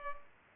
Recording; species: mosquito wingbeat signal from an infrared sensor; Culex pipiens